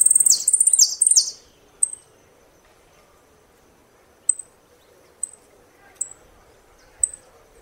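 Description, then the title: Saffron finch song: a quick burst of high, bright chirped notes at the start, then single thin high chips widely spaced in a quiet background. "Jilguero Argentino"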